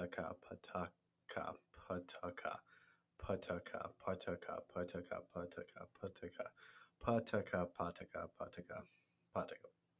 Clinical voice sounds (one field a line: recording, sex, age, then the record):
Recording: repeated syllables /pa ta ka/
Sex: male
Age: 20 to 29 years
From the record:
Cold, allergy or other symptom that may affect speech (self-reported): no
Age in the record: 24 years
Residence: North Carolina, United States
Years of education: 17